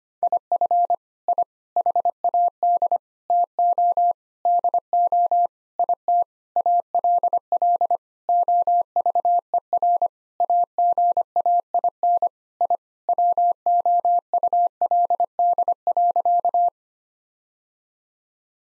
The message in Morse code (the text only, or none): IF I HAD TO DO IT ALL OVER AGAIN I WOULD.